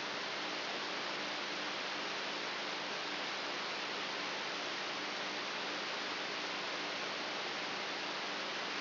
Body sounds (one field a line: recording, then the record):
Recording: brain microelectrode recording played as sound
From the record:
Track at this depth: inside the subthalamic nucleus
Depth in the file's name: 1.64 mm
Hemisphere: right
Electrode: 3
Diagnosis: Parkinson's disease